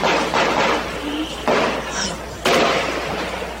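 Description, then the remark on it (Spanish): Three gunshots fired by prison guards at the Comayagua Penal Centre during the fire on the night of 14 February 2012, as inmates cried for help, crack out at irregular intervals, each a sharp, loud bang that rings out briefly, over a constant rough, noisy background with what may be indistinct voices. “En este audio original se escuchan los disparos de los guardias penitenciarios cuando los privados de libertad pedían a gritos auxilio para salvarse de las llamas que iniciaron alrededor de las 10:50 de la noche del 14 de febrero del año 2012.”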